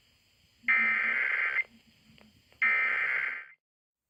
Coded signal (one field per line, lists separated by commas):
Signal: Emergency Alert System (SAME) tones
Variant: header bursts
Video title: Using the Burk EAS Encoder for the first time!